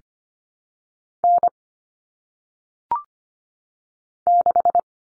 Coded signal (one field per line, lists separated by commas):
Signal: Morse code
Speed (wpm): 25 wpm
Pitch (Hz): 700 Hz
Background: none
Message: N 6